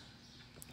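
A plastic visor is fitted onto the side pivot mechanism of an ASX motorcycle helmet, and the upper catch is pressed until it engages. Over a low, steady background rumble, a short, sharp snap sounds at 0.6 s. The visor mechanism snaps into place, seated and lifting as it should.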